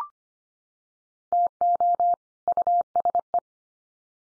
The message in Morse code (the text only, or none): TO USE